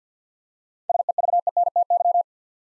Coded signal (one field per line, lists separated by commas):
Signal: Morse code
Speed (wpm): 47 wpm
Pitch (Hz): 700 Hz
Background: none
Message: SEVENTY